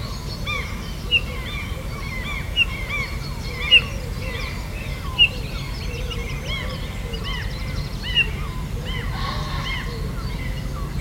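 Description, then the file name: Eurasian bullfinch giving a handful of short piping calls, irregularly spaced, amid a thick chorus of chirping birds and constant low background noise. "Pyrrhula pyrrhula"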